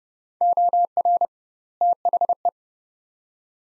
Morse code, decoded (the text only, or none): OR THE